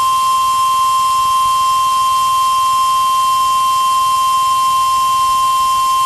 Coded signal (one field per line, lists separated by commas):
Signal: Emergency Alert System (SAME) tones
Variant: 1050 Hz attention tone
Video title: DIXIE ALLEY DANGER | EAS Alerts from 11/30/2022 (EAS #1557-1579)